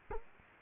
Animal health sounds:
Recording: mosquito wingbeat signal from an infrared sensor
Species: Culex quinquefasciatus

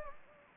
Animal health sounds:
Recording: mosquito wingbeat signal from an infrared sensor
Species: Anopheles gambiae

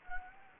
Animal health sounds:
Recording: mosquito wingbeat signal from an infrared sensor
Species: Anopheles gambiae

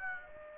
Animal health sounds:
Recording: mosquito wingbeat signal from an infrared sensor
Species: Aedes aegypti

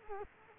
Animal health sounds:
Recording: mosquito wingbeat signal from an infrared sensor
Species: Culex quinquefasciatus

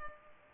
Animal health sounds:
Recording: mosquito wingbeat signal from an infrared sensor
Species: Culex pipiens

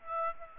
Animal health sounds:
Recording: mosquito wingbeat signal from an infrared sensor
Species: Aedes aegypti

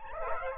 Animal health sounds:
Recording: mosquito wingbeat signal from an infrared sensor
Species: Aedes aegypti

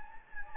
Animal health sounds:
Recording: mosquito wingbeat signal from an infrared sensor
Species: Anopheles gambiae

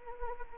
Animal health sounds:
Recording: mosquito wingbeat signal from an infrared sensor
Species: Anopheles gambiae

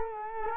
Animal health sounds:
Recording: mosquito wingbeat signal from an infrared sensor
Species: Culex quinquefasciatus

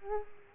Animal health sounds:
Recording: mosquito wingbeat signal from an infrared sensor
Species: Culex quinquefasciatus

